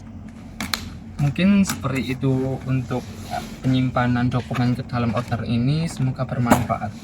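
The red locking slider of a document binder's filing mechanism is slid back to the middle position and the filed document is removed. Sharp clicks sound at 0.6 s and 0.7 s as the lock opens and releases, then someone talks for the rest of the clip.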